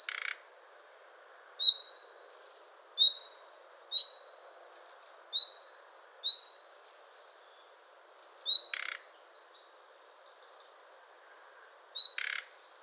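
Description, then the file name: Common nightingale giving short single whistles at irregular intervals, broken by brief harsh notes and a scratchy buzzing phrase near the end. "Luscinia megarhynchos"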